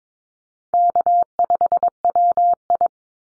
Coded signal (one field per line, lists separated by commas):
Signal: Morse code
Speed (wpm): 22 wpm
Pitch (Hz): 700 Hz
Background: none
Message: K5WI